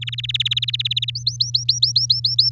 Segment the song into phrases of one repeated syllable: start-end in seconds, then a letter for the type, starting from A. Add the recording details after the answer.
0.01-1.10 A, 1.15-2.50 B. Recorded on 7 May 2018 at 14:34. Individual llb16